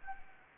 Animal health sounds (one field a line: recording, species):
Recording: mosquito wingbeat signal from an infrared sensor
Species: Anopheles gambiae